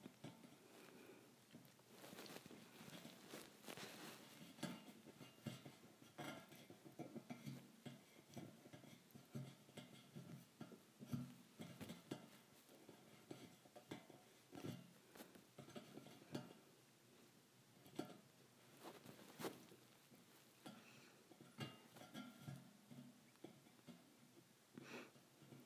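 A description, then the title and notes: Metal bars tap on metal in a busy, irregular clatter of sharp, bright clicks and knocks, thickening around the fourth second and near nineteen. ASMR Metal Bars Tapping on Metal.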